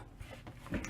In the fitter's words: one goes to the gun and clicks in and everything's all hunky-dory and fine I don't have any issues we